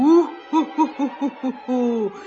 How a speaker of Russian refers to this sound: У-ху-ху-ху-ху-ху! Разгоню, распылю! Это кричит черноглазая лесная сова, названная именем сказочной, ненасытной птицы Неясыти.